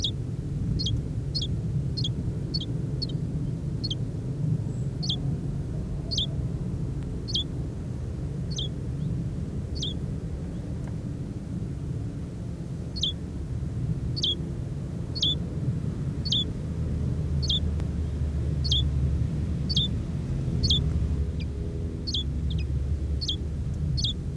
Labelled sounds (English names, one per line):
European Greenfinch call